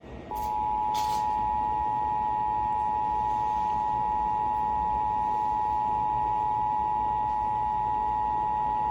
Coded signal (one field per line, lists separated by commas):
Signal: Emergency Alert System (SAME) tones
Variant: 853 and 960 Hz attention tone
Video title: [EAS #3265-#3266] Los Angeles Required Monthly Test (5/27/25)